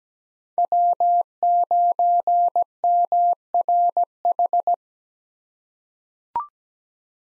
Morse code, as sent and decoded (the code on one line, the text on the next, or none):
.-- ----. -- .-. ....
W9MRH